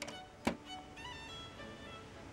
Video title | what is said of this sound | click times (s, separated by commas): LEGO The Hobbit : An Unexpected gathering Review | pourir le toit il il se clipse et se déclipse très facilement donc | 0.0 s, 0.5 s